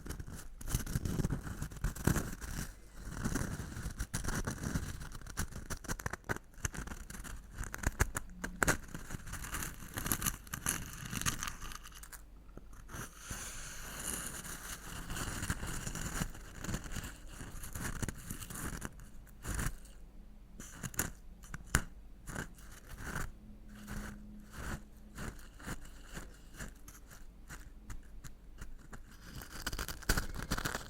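Crunchy stirring of Old-Time Riches, a dense run of gritty scrapes and crackles that continues almost without pause for the whole half minute. Brief quieter gaps break it near 12, 20 and 27 seconds, and a faint low hum sits underneath throughout.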